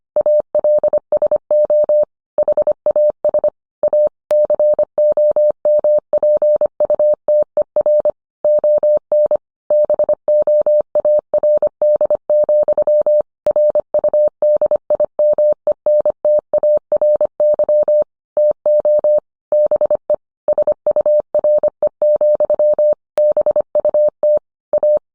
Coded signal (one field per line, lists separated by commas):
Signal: Morse code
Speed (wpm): 25 wpm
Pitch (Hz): 600 Hz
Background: none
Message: ALSO HAS A COMPUTER ON BOARD, RUDIMENTARY TO BE SURE, BUT A